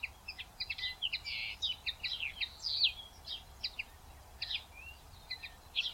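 Common linnet twittering: quick chattering notes and short trills in bursts with brief pauses, over faint background noise.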